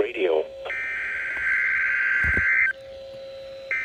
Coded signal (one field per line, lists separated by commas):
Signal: Emergency Alert System (SAME) tones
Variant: header bursts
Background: speech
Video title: EAS #054 Severe Thunderstorm Watch (My County)